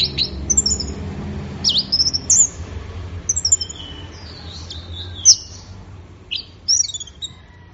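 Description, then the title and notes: Orange-headed thrush song with scattered high sliding whistles and sharp notes, loud in places, over a low background hum. Bird in full song (gacor), used for training songbirds. "Anis Merah Gacor Teler Untuk. Kumpulan Suara Burung Anis"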